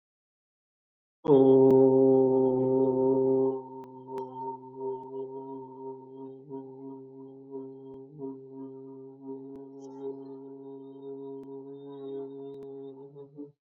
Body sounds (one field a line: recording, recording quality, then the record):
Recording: sustained vowel as in boot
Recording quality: excellent, no background noise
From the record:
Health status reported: healthy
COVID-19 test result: not tested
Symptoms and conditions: none ticked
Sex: male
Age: 31 years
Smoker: not ticked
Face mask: not worn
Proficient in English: yes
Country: India